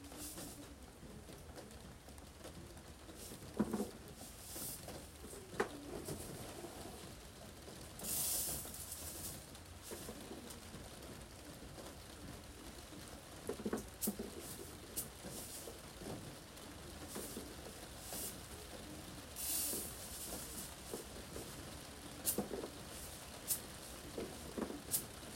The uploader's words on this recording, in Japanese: 今日は梅雨の雨の日。玄関の軒下で、収穫してきた野菜たちの出荷準備をしています。屋根に降る雨の音。